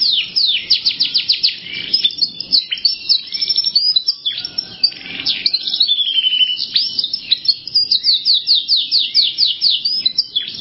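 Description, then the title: Canary singing a continuous song of rapid trills of high, downward-swooping notes, varying in speed. "Kenari"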